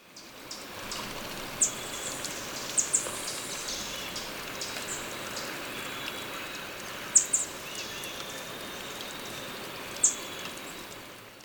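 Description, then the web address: Spotted tanager giving very high, thin, sharp call notes, single or in quick pairs, spaced irregularly a few seconds apart over a steady rain-like hiss. Recorded in Ecuador. "Natures Songs S America Birds of Ecuador. Spotted Tanager"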